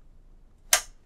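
A memory module is pressed evenly into a motherboard DIMM slot until the plastic retention clips on each end snap closed on their own. After quiet background, a single sharp, bright click is heard at 0.7 s, ringing briefly before fading. The latches click shut and the memory is seated and secured.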